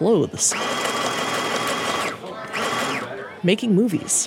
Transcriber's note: soundbite of sewing machine